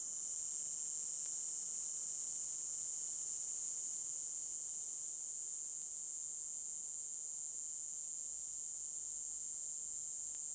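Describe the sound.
Cicada call, an unbroken, even, high-pitched buzz sustained throughout, with a couple of faint ticks in the background.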